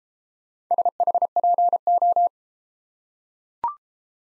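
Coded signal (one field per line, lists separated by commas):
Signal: Morse code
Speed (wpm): 30 wpm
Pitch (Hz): 700 Hz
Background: none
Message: SHPO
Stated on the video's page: Morse practice of four-character letter-number groups, speed-racing format starting fast and slowing to 22 wpm base; fastest 1.5 times slowest, final repeat at maximum speed.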